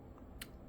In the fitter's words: It does have a functional cheek riser, which does lock into place.